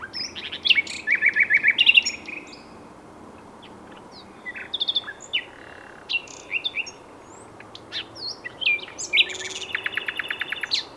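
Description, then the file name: Common nightingale song: a fast rattling run of repeated notes, scattered chirps and short phrases, ending in another rapid repeated series. "Luscinia megarhynchos"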